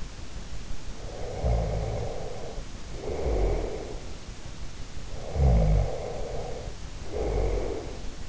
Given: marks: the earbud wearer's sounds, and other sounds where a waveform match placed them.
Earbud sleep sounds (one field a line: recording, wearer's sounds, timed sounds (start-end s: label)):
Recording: sounds in sleep by an in-ear microphone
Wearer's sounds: snoring breath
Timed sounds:
0.88-4.34 s: snoring breath
5.28-8.29 s: snoring breath